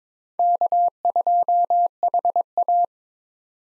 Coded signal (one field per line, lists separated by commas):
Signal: Morse code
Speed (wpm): 22 wpm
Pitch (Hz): 700 Hz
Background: none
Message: K2HA